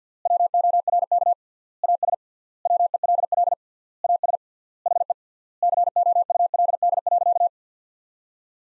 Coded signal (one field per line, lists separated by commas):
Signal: Morse code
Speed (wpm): 50 wpm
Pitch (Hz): 700 Hz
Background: none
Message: WORK AS WELL AS HE COULD.